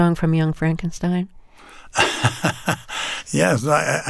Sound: laughter

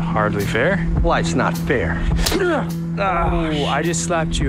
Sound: soundbite of hand slapping

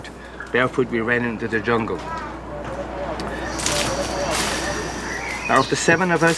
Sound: soundbite of jungle sounds

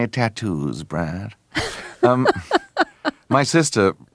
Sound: laughter

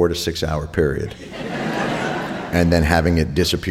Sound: soundbite of laughter

